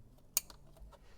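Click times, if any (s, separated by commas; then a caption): 0.4 s. On a Fisker Ocean One, the NFC reader cable connector is pushed into its plastic socket behind the cabin trim. A single sharp click at 0.4 s, followed by a faint tick at 0.5 s, rises above a quiet low hum. The connector snaps into place and is seated.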